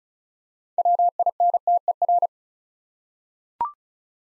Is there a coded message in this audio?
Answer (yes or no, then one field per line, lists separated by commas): yes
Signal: Morse code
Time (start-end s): 0.8-2.3 s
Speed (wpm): 33 wpm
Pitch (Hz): 700 Hz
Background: none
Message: WINTER